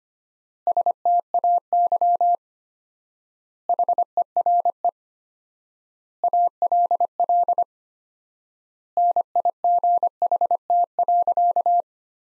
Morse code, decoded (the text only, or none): STAY HERE ALL NIGHT.